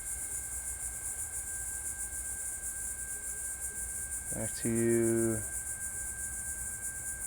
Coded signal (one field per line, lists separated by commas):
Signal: PSK31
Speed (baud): 31.25 baud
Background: speech